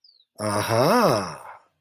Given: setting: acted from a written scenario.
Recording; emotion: vocal sound without words; realization